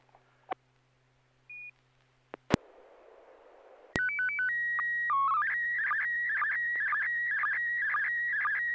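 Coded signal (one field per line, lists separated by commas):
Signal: SSTV (slow-scan television)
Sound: clicks and a burst of hiss, then a steady whistle with quick dips and warbling tones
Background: radio squelch noise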